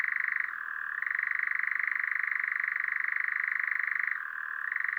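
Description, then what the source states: European Nightjar churring steadily, a fast even purring trill with two short dips to a lower, quieter pitch near the start and end. Newly arrived from Africa, perched on a Scots pine facing south among near-flowering broom; evening, 8 May 2020, Drôme, France; nocturnal species; Nagra LB recorder, MKH40 stereo.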